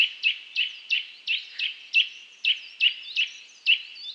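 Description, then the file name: Eurasian nuthatch calls: a quick run of strong, sharp whistled notes, each falling slightly, repeated roughly every third of a second. "Sitta europaea"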